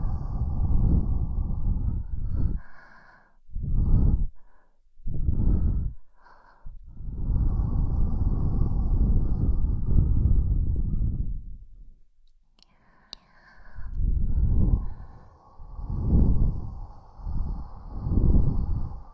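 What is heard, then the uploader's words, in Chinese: Soft wind brushes past, buffeting low and breathy in uneven gusts. Short puffs come in quick succession early, then a long steady rush before a near-silent lull with a faint tick around thirteen seconds. Pulsing gusts return through the end. 轻柔的风 拂过耳畔。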